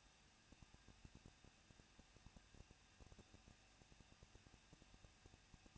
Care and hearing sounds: daily activity, microphone in the room; no activity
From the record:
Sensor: 2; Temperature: 21.0 degrees Celsius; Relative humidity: 37.3%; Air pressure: 1006.4 hPa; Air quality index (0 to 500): 220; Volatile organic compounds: 23 ppm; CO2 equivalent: 2778 ppm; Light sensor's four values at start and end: 2/3/2/2 and 2/3/2/2

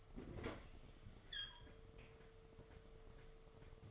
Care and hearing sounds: daily activity, microphone in the room; open fridge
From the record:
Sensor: 4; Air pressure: 1015.9 hPa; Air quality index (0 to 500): 194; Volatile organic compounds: 10 ppm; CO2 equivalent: 2243 ppm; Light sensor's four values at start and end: 15/35/14/14 and 11/26/11/12

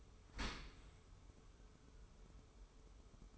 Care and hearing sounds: daily activity, microphone in the room; open dishwasher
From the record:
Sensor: 1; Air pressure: 1015.0 hPa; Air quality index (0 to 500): 26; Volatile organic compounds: 1 ppm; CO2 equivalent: 511 ppm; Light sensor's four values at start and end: 13/30/12/14 and 13/30/12/14

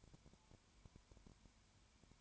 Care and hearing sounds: daily activity, microphone in the room; no activity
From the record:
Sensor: 2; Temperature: 20.0 degrees Celsius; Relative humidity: 32.1%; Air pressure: 1001.1 hPa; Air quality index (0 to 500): 55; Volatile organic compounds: 1 ppm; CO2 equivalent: 604 ppm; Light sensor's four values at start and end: 2/3/2/2 and 2/3/2/2

